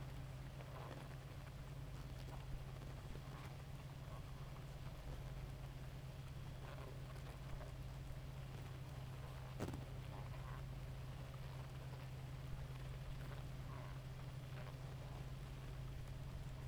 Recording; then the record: honeybee colony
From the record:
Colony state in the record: active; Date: 28 July 2017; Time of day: 2:33